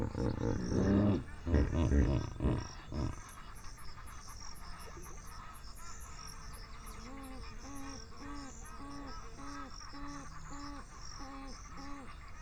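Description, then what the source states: Hippopotamus giving deep, loud honking grunts in a quick pulsed series for about three seconds, then softer repeated nasal notes. Hippopotamus vocalisations.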